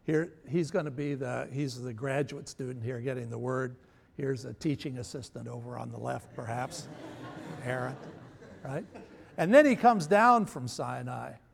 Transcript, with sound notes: Here he's going to be the — here's the graduate student here getting the word. Here's the teaching assistant over on the left perhaps. [Laughter] Aaron, right? And then he comes down from Sinai,